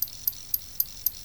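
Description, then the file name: Cricket calling with five bright, very high chirps in a steady quick rhythm over a soft hiss of background noise. Crickets mating. "CRICKETS MATING Adam Bent"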